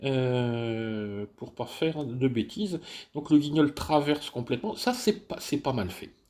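On an RC trainer plane kit, the plastic control horn has been pushed right through the control surface, and its small rectangular plastic backing piece is about to be clipped on like a one-way cable tie. A steady harmonic tone plays for about the first 1.3 seconds, then someone talks for the rest of the clip. Nothing has clicked or seated yet.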